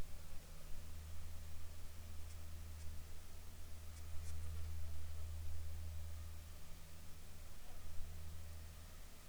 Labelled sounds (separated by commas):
aircraft, insects